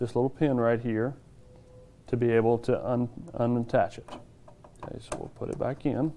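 Someone talks while handling a 24-pin power connector at a motherboard socket, explaining the small latch pin that must be lifted to release it before moving to put it back in. Between phrases there are a few faint ticks and handling noises. Nothing has seated or clicked yet.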